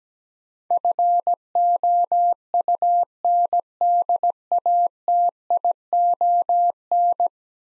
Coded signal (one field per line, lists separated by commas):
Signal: Morse code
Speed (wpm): 17 wpm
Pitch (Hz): 700 Hz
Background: none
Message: FOUNDATION